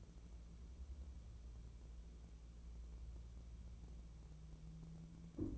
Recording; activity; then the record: daily activity, microphone in the room; wipe stove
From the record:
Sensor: 1